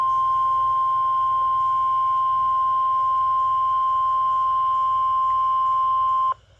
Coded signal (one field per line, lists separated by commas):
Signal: Emergency Alert System (SAME) tones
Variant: 1050 Hz attention tone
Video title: LSX Required Weekly Test On KXI79 3/29/2023 (EAS #1,870)